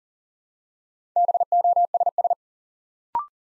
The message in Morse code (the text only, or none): BOSS